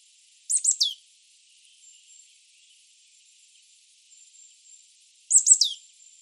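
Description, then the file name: Marsh tit giving brisk bursts of high, downward-sliding notes, two clusters roughly five seconds apart against a quiet background with a faint high hum. "Poecile palustris"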